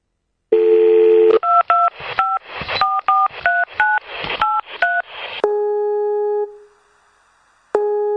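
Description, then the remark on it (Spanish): Telephone keypad DTMF tones as a phone questionnaire is answered with the keypad: a steady tone gives way to a quick run of about nine short, two-pitched beeps with clicks between them, then another sustained tone and a faint hiss. “El presente cuestionario debe ser respondido con el teclado telefónico.”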